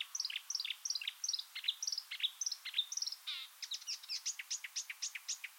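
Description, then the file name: Marsh warbler song, repeated paired phrases of descending twittered notes, then a hurried sequence of sharp, varied chirps and squeaky notes. "suara kicauan burung marsh warbler. omkicau"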